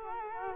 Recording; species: mosquito wingbeat signal from an infrared sensor; Culex quinquefasciatus